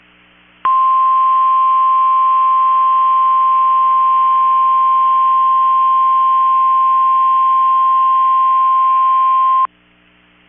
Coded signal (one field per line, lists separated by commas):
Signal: Emergency Alert System (SAME) tones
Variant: 1050 Hz attention tone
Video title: 11/29/23 - KEC65 Required Weekly Test (EAS #944)